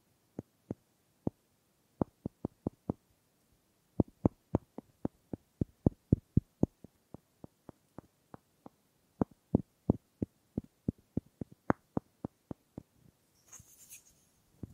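Wooden tapping and knocking, a series of sharp, dry clicks in uneven bursts, sometimes quick runs of several taps, sometimes single knocks with short pauses between. The taps continue through nearly the whole clip, and a brief soft hiss appears near the end.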